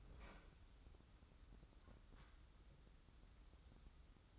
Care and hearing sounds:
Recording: daily activity, microphone in the room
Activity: open fridge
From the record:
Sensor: 3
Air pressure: 994.4 hPa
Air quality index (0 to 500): 209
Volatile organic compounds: 1000 ppm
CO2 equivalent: 6968 ppm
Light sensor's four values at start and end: 202/488/207/207 and 209/503/213/215

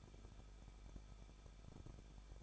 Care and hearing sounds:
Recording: daily activity, microphone in the room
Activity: no activity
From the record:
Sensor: 5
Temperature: 20.9 degrees Celsius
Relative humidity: 38.2%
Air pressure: 1006.4 hPa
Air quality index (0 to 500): 187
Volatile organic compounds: 18 ppm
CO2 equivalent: 2629 ppm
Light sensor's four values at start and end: 2/3/1/1 and 2/3/1/1

